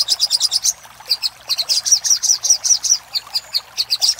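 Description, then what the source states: Little spiderhunter song: fast bursts of high, piercing chips, a short pause, then another long run of repeated notes. Master recording used for training cage birds.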